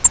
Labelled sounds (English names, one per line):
Grace's Warbler flight call